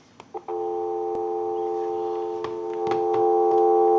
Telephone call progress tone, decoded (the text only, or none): dial tone